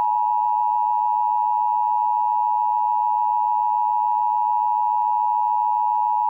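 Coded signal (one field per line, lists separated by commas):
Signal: Emergency Alert System (SAME) tones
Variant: 853 and 960 Hz attention tone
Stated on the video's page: Simulated EAS scenario, not a real alert.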